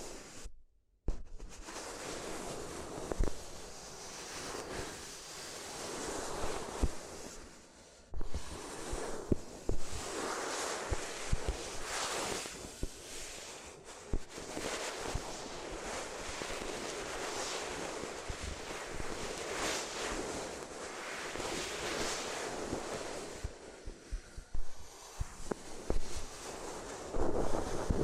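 Paper crinkles and rustles almost without pause after a short silence at the start, dense scratchy crackling swelling and easing in uneven bursts.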